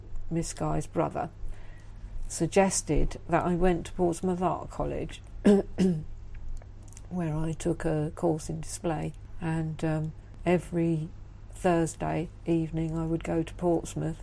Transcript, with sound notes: Miss Guy’s brother, suggested that I went to Portsmouth Art College (clears throat) where I took a course in Display and every Thursday evening I would go to Portsmouth